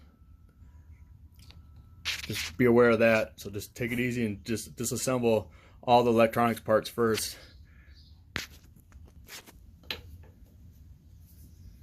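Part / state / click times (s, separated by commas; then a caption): C-clip and boot on the hub motor cable connector / released / 8.4 s, 9.9 s. Someone talks while disassembling the electronics of an e-bike, then pulls the cable boot held by a small C-clip off the hub motor cable connector. Sharp clicks are heard at 8.4 s and 9.9 s as the C-clip and boot come off.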